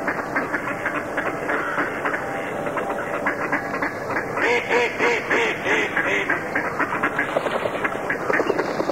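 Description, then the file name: Duck giving a short burst of rapid nasal quacks midway, against steady engine-like background noise. "kachna"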